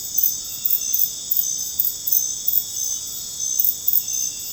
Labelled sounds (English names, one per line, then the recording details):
none
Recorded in dense forest near Puerto Asís, Putumayo, Colombia, on 9 March 2025 at 01:00
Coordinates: 0.486, -76.317
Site G053